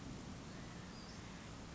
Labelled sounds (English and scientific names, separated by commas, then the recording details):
Western Flycatcher (Empidonax difficilis)
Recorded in Sonoma County, California